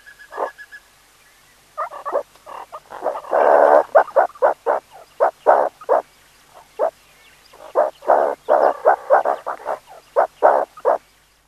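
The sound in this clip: Meerkat calls in irregular bursts of short rasping notes, starting sparse, then crowding into fast clusters with a couple of pauses between runs.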